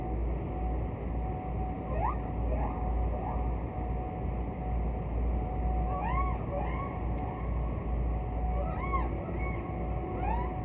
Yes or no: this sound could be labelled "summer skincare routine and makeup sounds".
no